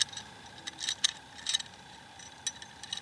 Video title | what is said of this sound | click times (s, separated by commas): UCO Micro candle lantern | so you just lock that baby into place | 1.1 s